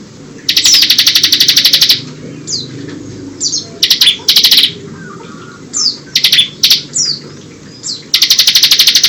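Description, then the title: Bar-winged prinia song with long fast buzzy trills at the start and end, separated by short downslurred whistles and brief chattering bursts, steady low background hum. "Ciblek"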